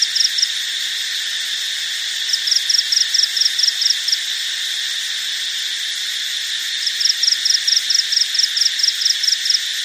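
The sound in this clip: Cricket calling: short high pulsed trills in bursts of about two to three seconds, separated by pauses, over a steady continuous buzz.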